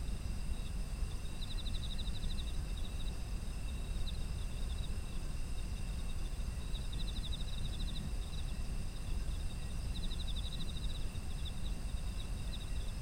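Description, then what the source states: Insects chirp in repeated short bursts of fast, high pulses over continuous shrill ringing and a deep rumbling background. Autumn insect ambience.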